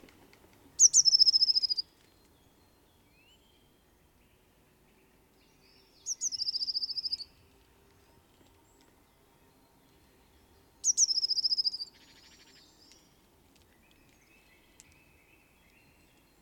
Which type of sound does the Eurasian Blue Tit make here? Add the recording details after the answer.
song. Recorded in the wild. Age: adult. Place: Kaiserslautern, Rheinland-Pfalz, DE. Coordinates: 49.4372, 7.80972. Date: 1978-02-28. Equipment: Nagra IV, Sennheiser MKH 405, Parabolreflektor. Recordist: Tretzel, Erwin. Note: Alte Buche: Blaumeise Gesang